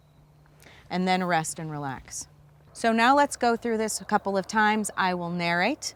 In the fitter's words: and slowly seat until it clicks